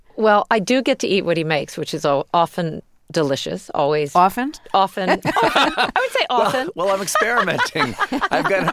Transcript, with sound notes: Well, I do get to eat what he makes, which is often delicious, always...
Often?
Often, often.
(LAUGHTER)
I would say often (laughter).
Well, I'm experimenting.